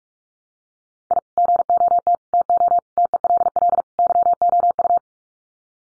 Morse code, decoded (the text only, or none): I GOT TO TELL YOU